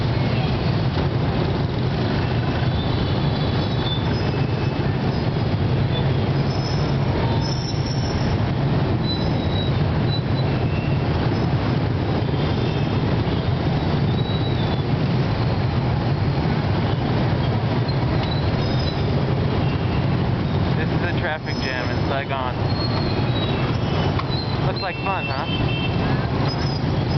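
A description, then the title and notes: Saigon traffic jam: a dense, steady rumble of engines with constant low drone, scattered voices, and brief horn-like tones near 21 and 25 seconds. Traffic jam in Saigon/HCMC. People spill over onto the sidewalk.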